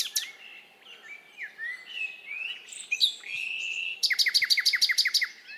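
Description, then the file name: Common nightingale song: varied whistles and slurred notes, then a loud fast trill of repeated chirps near the end. "Luscinia megarhynchos"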